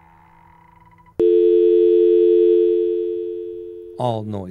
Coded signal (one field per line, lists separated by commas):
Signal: telephone call progress tone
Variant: North America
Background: speech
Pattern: dial tone